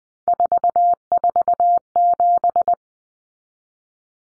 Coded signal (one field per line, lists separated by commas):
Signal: Morse code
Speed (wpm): 20 wpm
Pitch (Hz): 700 Hz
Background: none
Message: 447